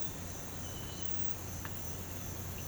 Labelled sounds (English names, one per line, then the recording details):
none
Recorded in pastures near Puerto Asís, Putumayo, Colombia, on 12 March 2025 at 06:30
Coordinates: 0.472, -76.329
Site G074